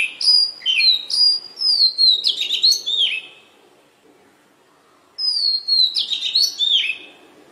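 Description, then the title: Oriental magpie-robin song, a varied phrase of clear whistled notes sliding up and down with rapid flourishes, a pause, then a new phrase begins. "Magpie Robin Song Doyel Pakhir Dak Wildindiamit"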